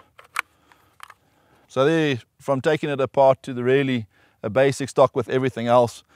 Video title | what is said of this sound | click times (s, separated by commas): Beretta BRX1 Unboxing | and it locks into place and then it's simple to reassemble your gun | 0.4 s